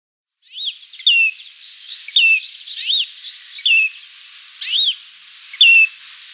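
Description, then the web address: Great grey shrike song: a series of high, arched and slurred whistles with softer chatter between them. "Schulze Peter Great Grey Shrike song"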